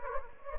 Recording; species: mosquito wingbeat signal from an infrared sensor; Anopheles gambiae